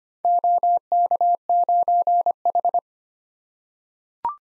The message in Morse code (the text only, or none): OK9H